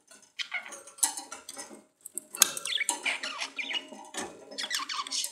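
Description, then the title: Budgerigar chatter, dense and scratchy, with squeaky chirps and rasping notes running almost without a break. "Budgie Sounds"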